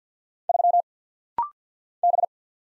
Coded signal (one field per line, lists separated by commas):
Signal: Morse code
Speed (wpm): 48 wpm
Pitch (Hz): 700 Hz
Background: none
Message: 3 B